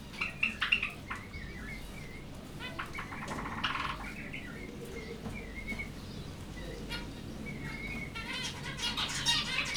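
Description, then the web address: Zebra finches giving scattered nasal beeps and short buzzy notes, quieter stretches between bursts, over a steady low background hiss. Finches at Jászberény Zoo in 2015. "allathangok jaszberenyizoo 2015 professzionalis zebrapinty pintyek"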